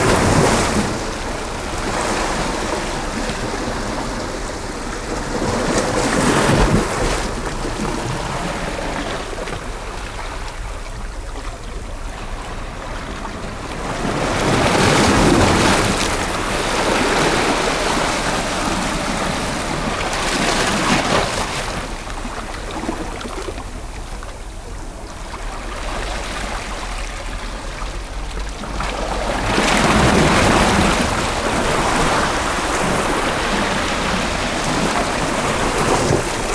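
Ocean waves and water sounds with a constant rushing wash, swelling into louder surges roughly every seven to eight seconds, near 6, 15, 20 and 30 seconds. A low, steady hum sits underneath, with faint trickling and bubbling between the surges.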